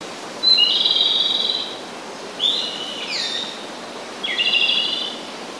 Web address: izumino saunndo komadori